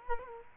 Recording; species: mosquito wingbeat signal from an infrared sensor; Culex quinquefasciatus